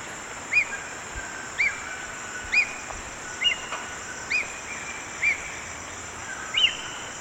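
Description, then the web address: Ornate hawk-eagle repeating single piercing whistles, each upslurred then falling, about once a second, set against a continuous high insect whine. Eastern lowlands of South America. "Natures Songs S America Eastern Lowlands. Ornate Hawk-Eagle"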